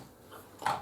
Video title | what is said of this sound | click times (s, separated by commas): Dewalt DCW604 18v Router Review & Test | locks into place quite nicely and that screw which against the bank fits in there | 0.7 s